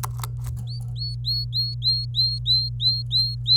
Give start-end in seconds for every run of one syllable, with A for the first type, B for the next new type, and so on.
0.68-3.56 A